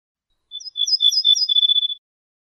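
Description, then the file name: Ortolan bunting song: a quick run of high ringing notes over a steady lower tone, lasting about a second and a half. "suara kicauan ortolan"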